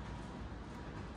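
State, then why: Not seated. The plastic connector of the IN1-4 wire is handled at its socket on the Nucular P24F controller, fitted to a Talaria XXX. Only a steady low background noise is heard. Nothing has seated or clicked yet.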